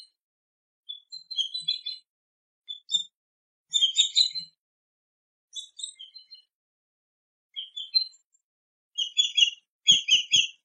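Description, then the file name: Swallow-tailed kite uttering shrill, high-pitched chirps in separate bursts that grow louder toward the end, with a few faint low clicks. "Canto do Gaviao tesoura"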